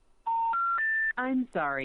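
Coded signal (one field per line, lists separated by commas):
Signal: telephone call progress tone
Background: speech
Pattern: special information tone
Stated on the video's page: EAS SAME tones in a mock alert about fictional Black Mesa Research Facility explosions, simulated.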